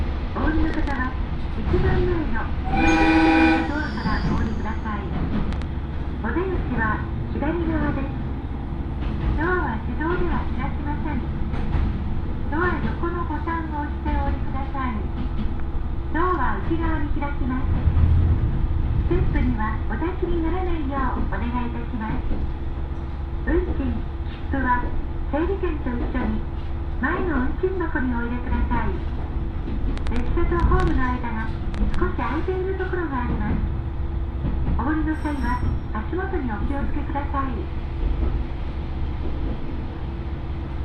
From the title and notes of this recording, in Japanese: 耳で楽しむ鉄道旅 大糸線 糸魚川→平岩。糸魚川を出る大糸線の始発列車で南小谷へと向かいます。